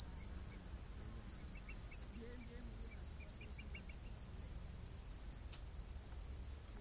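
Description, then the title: Cricket chirps pulsing steadily and quickly over a thin high trill, with a few faint other insect or bird notes and a low hum. Crickets calling in a humid rainforest at night. "Crickets of the Rainforest"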